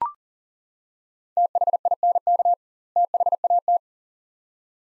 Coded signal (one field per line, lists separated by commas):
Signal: Morse code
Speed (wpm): 40 wpm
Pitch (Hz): 700 Hz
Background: none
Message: THINK THAT